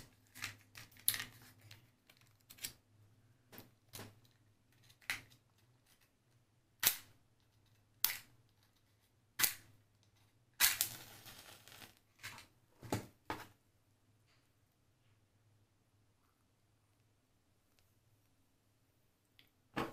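A match is struck and handled, with a series of sharp clicks and taps spaced about a second apart, plus a longer crackling burst near the eleven-second mark. A low steady hum runs underneath, and the last several seconds fall nearly silent.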